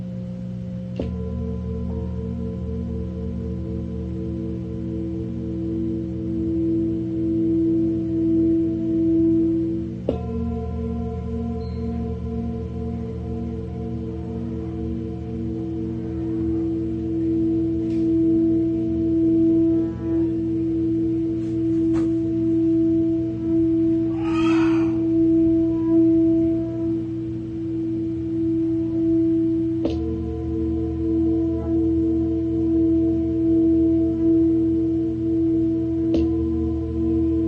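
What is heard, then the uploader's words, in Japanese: Singing bowls hum in a steady, layered drone, their low and middle tones ringing continuously and swelling gently as new strikes refresh the sound near 10 and 30 seconds. Around 25 seconds a brief wavering, brighter shimmer rises above the calm hum. メキシコから シンギングボウルのサウンドヒーリング。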